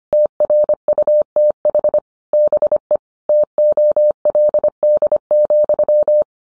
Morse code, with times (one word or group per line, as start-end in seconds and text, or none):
0.1-2.0 TRUTH
2.3-3.0 BE
3.3-6.2 TOLD,